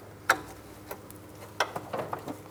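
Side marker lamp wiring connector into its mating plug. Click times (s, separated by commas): 0.3 s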